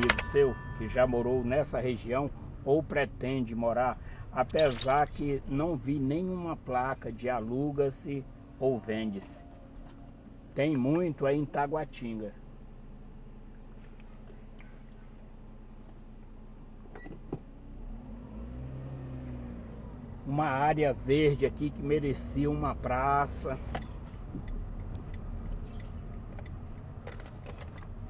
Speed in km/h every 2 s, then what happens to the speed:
12, 10, 9, 6, 4, 0, 0, 0, 0, 11, 14, 14, 15, 12.
0-9 slows to 0. 9-16 standing. 16-20 pulls away to 14.